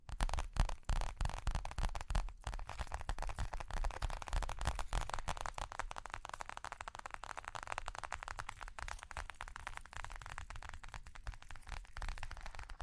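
Tapping and scratching run without pause, a dense stream of quick, irregular clicks and rustles that stay fairly even in loudness. A low rumble sits underneath throughout, and the texture grows slightly softer and finer after the first few seconds.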